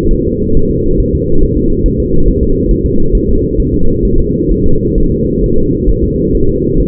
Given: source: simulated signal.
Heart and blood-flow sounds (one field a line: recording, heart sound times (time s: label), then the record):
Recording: fetal heart sounds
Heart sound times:
0.13 s: S1
0.28 s: S2
0.57 s: S1
0.71 s: S2
1.00 s: S1
1.15 s: S2
1.43 s: S1
1.57 s: S2
1.86 s: S1
2.00 s: S2
2.28 s: S1
2.43 s: S2
2.71 s: S1
2.86 s: S2
3.15 s: S1
3.29 s: S2
3.60 s: S1
3.74 s: S2
4.05 s: S1
4.20 s: S2
4.51 s: S1
4.66 s: S2
4.98 s: S1
5.12 s: S2
5.44 s: S1
5.58 s: S2
5.89 s: S1
6.04 s: S2
6.35 s: S1
6.49 s: S2
6.80 s: S1
From the record:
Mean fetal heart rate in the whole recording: 135 bpm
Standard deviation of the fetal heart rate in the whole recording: 3 bpm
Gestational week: 36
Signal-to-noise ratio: -19.1 dB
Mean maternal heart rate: 72 bpm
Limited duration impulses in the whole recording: present